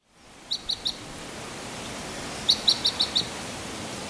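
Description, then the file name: Red Crossbill flight calls: a quick run of three clipped chips, a pause, then five more and a final single note, with soft hiss underneath. Type E call type; flight calls. "Red Crossbill Type E - FCs"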